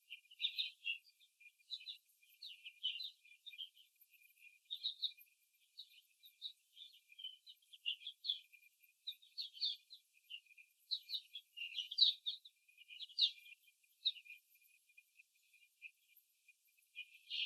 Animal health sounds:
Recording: young laying hens in a cage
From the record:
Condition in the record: before the stressor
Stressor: simulated dog barking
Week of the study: 3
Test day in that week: 1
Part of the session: 2

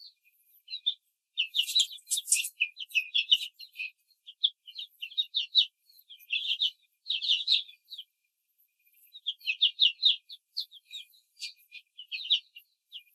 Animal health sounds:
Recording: young laying hens in a cage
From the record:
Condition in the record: control cage, before the stress test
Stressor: none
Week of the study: 4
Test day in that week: 1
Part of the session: 1

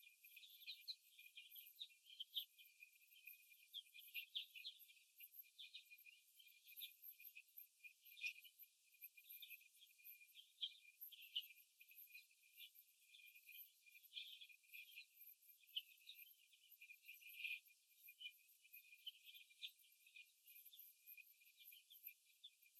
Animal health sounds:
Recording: young laying hens in a cage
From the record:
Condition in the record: after the stressor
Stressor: simulated dog barking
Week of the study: 1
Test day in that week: 2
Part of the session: 3

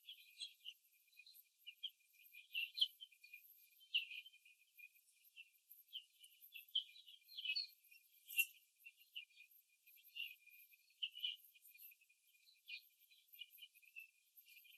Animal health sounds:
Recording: young laying hens in a cage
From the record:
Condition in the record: after the stressor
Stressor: simulated dog barking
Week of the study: 2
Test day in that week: 3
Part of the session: 1

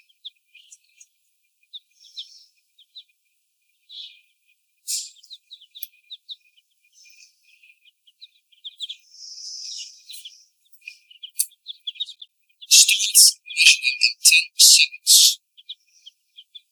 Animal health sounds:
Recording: young laying hens in a cage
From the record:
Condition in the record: before the stressor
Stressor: sudden umbrella opening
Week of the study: 1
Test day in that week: 1

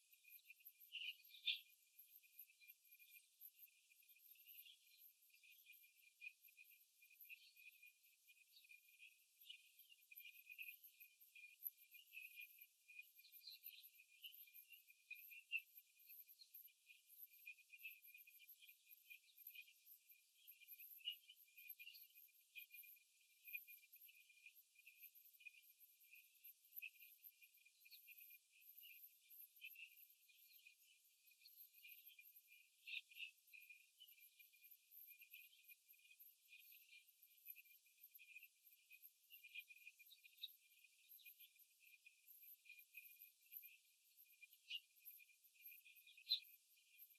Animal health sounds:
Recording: young laying hens in a cage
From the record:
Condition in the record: after the stressor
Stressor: simulated dog barking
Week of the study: 3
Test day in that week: 2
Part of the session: 2

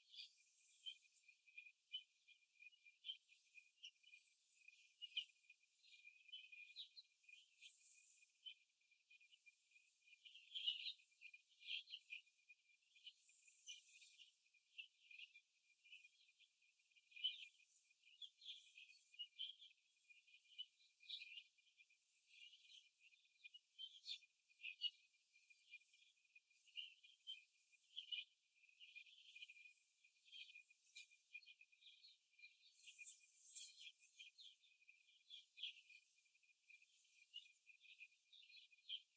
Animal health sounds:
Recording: young laying hens in a cage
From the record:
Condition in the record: after the stressor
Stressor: simulated dog barking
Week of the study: 2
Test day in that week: 2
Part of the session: 2

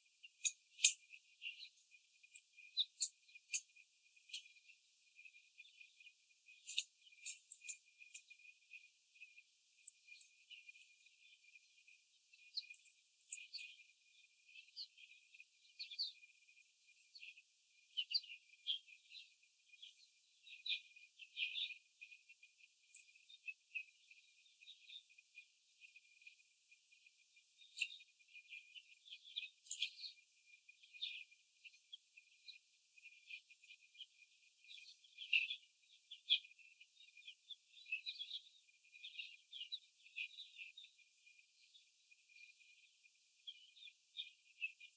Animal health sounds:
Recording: young laying hens in a cage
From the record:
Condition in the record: after the stressor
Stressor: simulated dog barking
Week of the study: 4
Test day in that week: 3

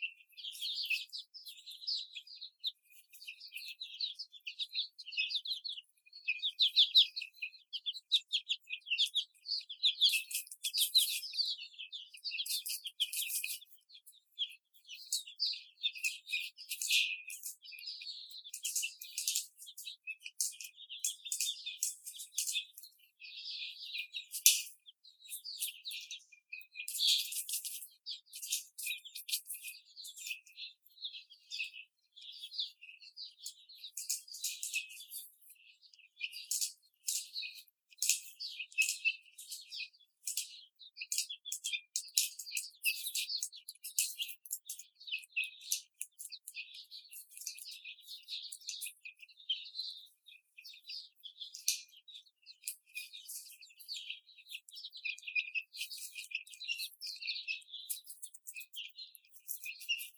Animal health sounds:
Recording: young laying hens in a cage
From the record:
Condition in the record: before the stressor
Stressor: simulated dog barking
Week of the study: 4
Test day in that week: 2

